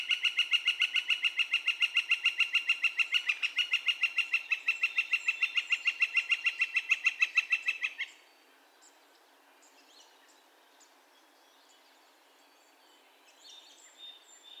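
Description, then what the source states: Northern flicker: a fast, unbroken series of strong kek notes runs for eight seconds, then stops, leaving faint, scattered calls of other birds. Calls; recorded 2 May 2020.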